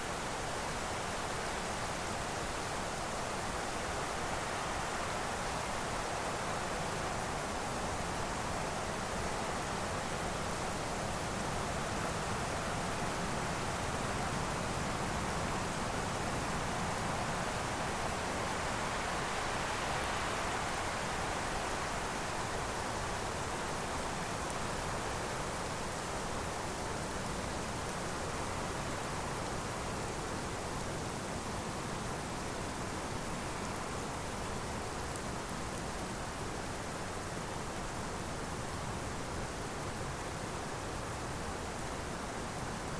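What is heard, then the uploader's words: Wind and snow make a steady, dense rushing hiss that fills the whole range from low rumble to bright top. The level barely moves over the 43 seconds, with only a gentle swell in the middle around twenty seconds, and no separate events. Wind and Snow White Noise. The soothing sound of snowflakes whirling towards the ground.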